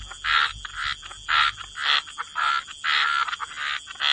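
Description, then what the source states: Frogs calling in a series of distinct raspy croaking bursts separated by short gaps, over a thin high hum. Frog chorus.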